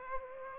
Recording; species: mosquito wingbeat signal from an infrared sensor; Aedes aegypti